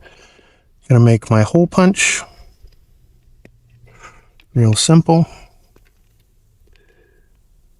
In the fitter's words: This piece just pushes in. You hear it snap.